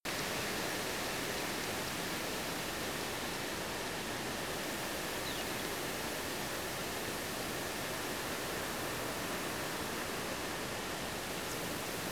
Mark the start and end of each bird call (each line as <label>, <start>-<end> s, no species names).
bird call, 5.24-5.44 s